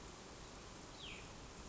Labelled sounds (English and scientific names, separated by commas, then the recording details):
Cassin's Vireo (Vireo cassinii)
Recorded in Sonoma County, California